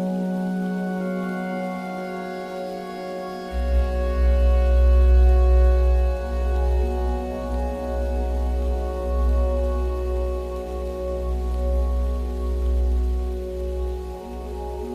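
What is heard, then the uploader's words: Music with soft rain: a sustained, layered chord hums steadily, joined after about three seconds by a deep rumbling bass that swells and persists. Relaxing minecraft music with soft rain.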